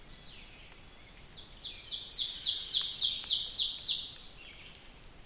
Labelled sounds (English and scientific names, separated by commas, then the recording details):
Ovenbird (Seiurus aurocapilla) song
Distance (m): 20 m
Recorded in boreal forest in Alberta, Canada, on 5 June 2016 at 06:22
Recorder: SongMeter 3, array SBT-3-51
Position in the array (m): 244 m, 133 m
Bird 28